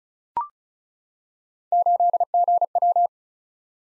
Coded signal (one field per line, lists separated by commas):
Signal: Morse code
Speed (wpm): 36 wpm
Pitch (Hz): 700 Hz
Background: none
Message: 8GW